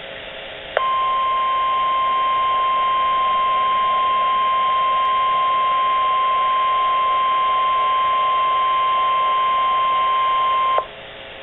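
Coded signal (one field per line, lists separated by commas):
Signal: Emergency Alert System (SAME) tones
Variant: 1050 Hz attention tone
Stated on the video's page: Weather radio SAME tones for a statewide tornado drill, coded like a required weekly test, at 9:00am.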